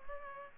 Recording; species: mosquito wingbeat signal from an infrared sensor; Culex pipiens